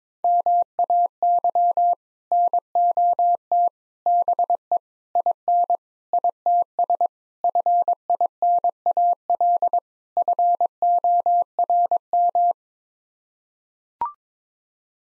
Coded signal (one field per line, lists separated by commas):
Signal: Morse code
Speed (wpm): 22 wpm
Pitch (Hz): 700 Hz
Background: none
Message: MAY NOT BE IN ITS FINAL FORM